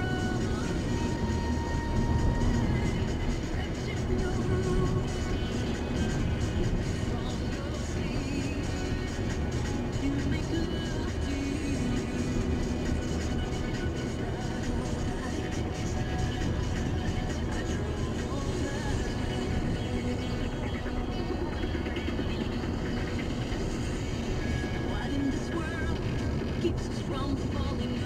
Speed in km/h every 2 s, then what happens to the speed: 58, 58, 60, 60, 59, 59, 60, 61, 60, 60, 59, 58, 58, 55.
0-28 steady at about 59.